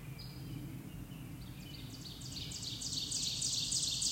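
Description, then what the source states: Birds singing: a few high chirps, then a swelling fast buzzy trill that grows louder to the end, over a low rumble. Recorded at sunset on May 19, 2024.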